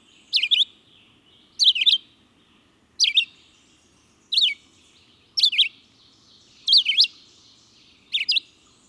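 Red-eyed vireo song: short slurred whistled phrases given one at a time, with pauses of about a second between, over faint low background noise.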